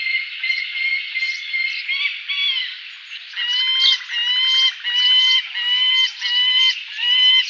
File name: Saker Falcon